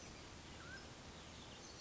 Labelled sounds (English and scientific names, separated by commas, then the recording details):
Mountain Quail (Oreortyx pictus)
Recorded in Sonoma County, California